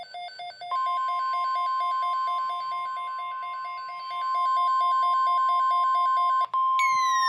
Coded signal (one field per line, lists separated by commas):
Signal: Emergency Alert System (SAME) tones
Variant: 1050 Hz attention tone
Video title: severe thunderstorm watch 570 EAS 38